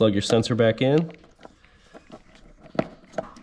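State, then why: Seated. Someone talks, then a plastic wiring connector is pushed onto the seat or safety sensor of a John Deere X360 lawn mower, with faint handling noises. A sharp, short click at 2.8 s marks the connector seating, followed by a softer tap at 3.2 s.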